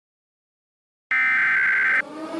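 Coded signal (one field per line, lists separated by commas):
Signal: Emergency Alert System (SAME) tones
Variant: header bursts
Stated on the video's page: Fictional, remastered EAS scenario about a second civil war.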